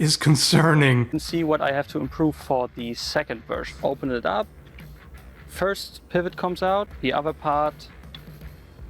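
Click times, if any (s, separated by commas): none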